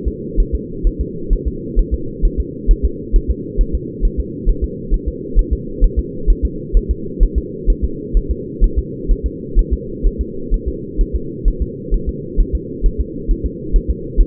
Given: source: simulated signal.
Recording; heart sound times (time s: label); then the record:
fetal heart sounds
0.08 s: S2
0.40 s: S1
0.55 s: S2
0.87 s: S1
1.01 s: S2
1.33 s: S1
1.48 s: S2
1.79 s: S1
1.94 s: S2
2.25 s: S1
2.40 s: S2
2.71 s: S1
2.85 s: S2
3.16 s: S1
3.31 s: S2
3.61 s: S1
3.75 s: S2
4.05 s: S1
4.20 s: S2
4.50 s: S1
4.64 s: S2
4.94 s: S1
5.08 s: S2
5.39 s: S1
5.53 s: S2
5.84 s: S1
5.99 s: S2
6.30 s: S1
6.45 s: S2
6.77 s: S1
6.91 s: S2
7.23 s: S1
7.38 s: S2
7.70 s: S1
7.84 s: S2
8.17 s: S1
8.31 s: S2
8.64 s: S1
8.78 s: S2
9.12 s: S1
9.26 s: S2
9.59 s: S1
9.73 s: S2
10.07 s: S1
10.21 s: S2
10.54 s: S1
10.68 s: S2
11.01 s: S1
11.16 s: S2
11.48 s: S1
11.62 s: S2
11.94 s: S1
12.09 s: S2
12.41 s: S1
12.55 s: S2
12.86 s: S1
13.00 s: S2
13.31 s: S1
13.46 s: S2
13.76 s: S1
13.90 s: S2
14.21 s: S1
From the record:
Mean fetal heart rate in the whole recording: 130 bpm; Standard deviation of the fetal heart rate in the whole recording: 2 bpm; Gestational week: 38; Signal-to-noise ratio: -4.3 dB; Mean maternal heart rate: 72 bpm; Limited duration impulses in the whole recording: absent